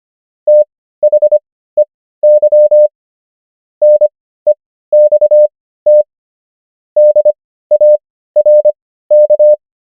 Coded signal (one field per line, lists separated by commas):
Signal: Morse code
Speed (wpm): 25 wpm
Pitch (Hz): 600 Hz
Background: none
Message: THEY NEXT DARK